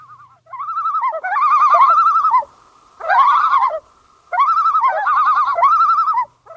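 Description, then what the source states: Common loon tremolo calls: several loud, quavering phrases separated by short pauses. Call described as wild and striking, a strange, sad, mournful, unearthly cry, half laughing, half wailing.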